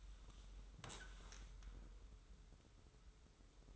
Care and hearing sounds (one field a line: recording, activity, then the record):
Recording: daily activity, microphone in the room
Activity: sit down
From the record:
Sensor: 3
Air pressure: 994.4 hPa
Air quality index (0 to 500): 200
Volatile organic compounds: 1000 ppm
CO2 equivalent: 6614 ppm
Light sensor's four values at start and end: 191/453/193/195 and 172/404/173/172